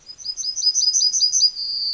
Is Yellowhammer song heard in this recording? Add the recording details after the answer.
yes. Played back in forest. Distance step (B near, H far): C. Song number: 110